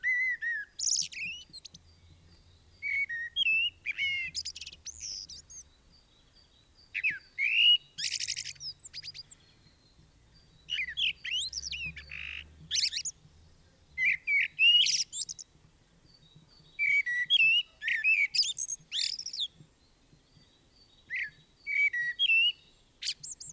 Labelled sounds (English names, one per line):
Common Blackbird song